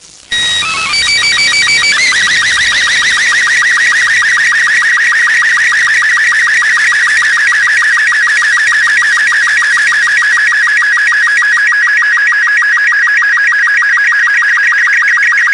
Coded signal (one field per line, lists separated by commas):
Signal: SSTV (slow-scan television)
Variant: Robot 36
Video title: SSTV Transmission ENTRANCE AT N39.533425, W84.344199